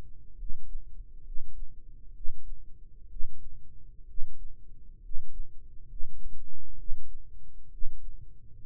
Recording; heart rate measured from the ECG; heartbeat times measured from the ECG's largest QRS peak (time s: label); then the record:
heart sounds by microphone in the right ear; 65 bpm
0.33 s: heartbeat
1.20 s: heartbeat
2.10 s: heartbeat
3.06 s: heartbeat
4.04 s: heartbeat
4.98 s: heartbeat
5.84 s: heartbeat
6.73 s: heartbeat
7.67 s: heartbeat
8.63 s: heartbeat
From the record:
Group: healthy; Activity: rest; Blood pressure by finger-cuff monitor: 98/56 mmHg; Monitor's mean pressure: 67 mmHg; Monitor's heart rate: 67 bpm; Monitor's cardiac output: 7.2 L/min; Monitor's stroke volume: 110 mL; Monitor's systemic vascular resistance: 660 dyn s/cm5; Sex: male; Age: 22 years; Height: 185 cm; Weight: 112.4 kg